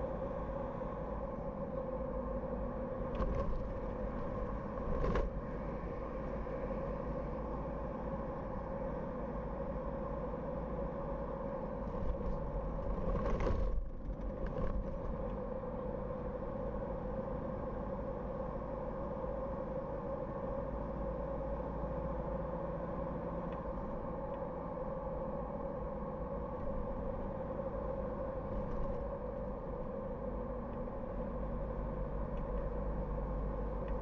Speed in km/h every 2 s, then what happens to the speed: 57, 56, 54, 56, 58, 57, 57, 55, 55, 56, 57, 59, 60, 56, 55, 52, 52.
0-34 steady at about 56.